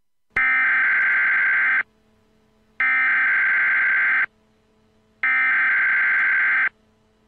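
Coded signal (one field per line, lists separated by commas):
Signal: Emergency Alert System (SAME) tones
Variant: header bursts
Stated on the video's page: Fallout-inspired mock emergency action notification; simulated, not real.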